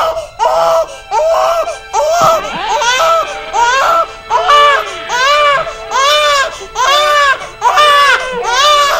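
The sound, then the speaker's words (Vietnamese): Several newborn babies cry at once, their high wailing bursts overlapping in a steady rhythm of rising and falling cries, loud and continuous with brief gasping pauses between wails. “Lúc này chợt có tiếng khóc của trẻ sơ sinh vẫn đến.”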